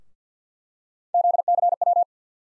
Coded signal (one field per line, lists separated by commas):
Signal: Morse code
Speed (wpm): 50 wpm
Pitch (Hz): 700 Hz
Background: none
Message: ZCW